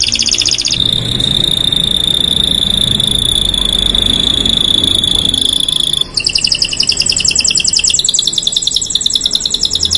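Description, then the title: Canary sings a brief rattle, then a long steady whistle, then fast buzzing trills in two pitch steps. Belgian canary song played to warm up canaries and get them singing; the bird is a black-red canary described as a vigorous singer. "Canto Para Esquentar Canário Belga. Suara Burung Kenari Black red Gacor Dor"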